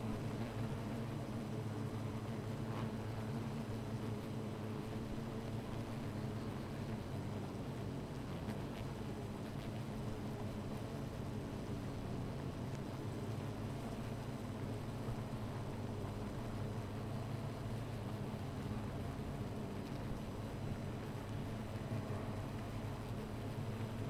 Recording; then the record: honeybee colony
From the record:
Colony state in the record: missing queen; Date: 14 July 2017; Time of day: 13:59